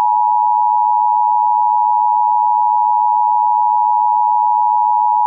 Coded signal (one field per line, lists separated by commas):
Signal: Emergency Alert System (SAME) tones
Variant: 853 and 960 Hz attention tone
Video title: EAS Mock: Tornado Emergency for ＤＡＶＩＤＳＯＮ County, North Carolina [v2]